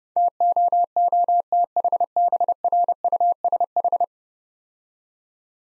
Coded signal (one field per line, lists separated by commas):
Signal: Morse code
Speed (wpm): 30 wpm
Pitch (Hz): 700 Hz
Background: none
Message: TOOTHBRUSH